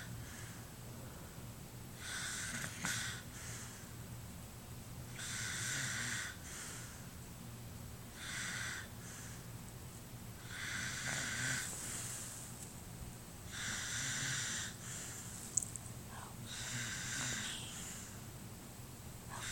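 Six harsh, hissing snoring breaths at a steady pace of about twenty a minute, with a low background hum.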